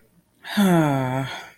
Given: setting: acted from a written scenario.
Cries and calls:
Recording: vocal sound without words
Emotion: guilt

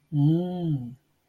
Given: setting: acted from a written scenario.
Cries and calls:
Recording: vocal sound without words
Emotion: confusion

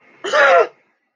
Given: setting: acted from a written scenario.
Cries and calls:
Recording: vocal sound without words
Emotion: fear

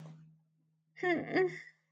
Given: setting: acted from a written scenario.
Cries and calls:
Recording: vocal sound without words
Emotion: guilt

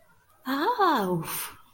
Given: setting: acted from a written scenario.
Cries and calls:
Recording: vocal sound without words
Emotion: positive surprise

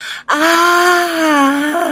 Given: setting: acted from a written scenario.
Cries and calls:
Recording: vocal sound without words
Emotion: pain

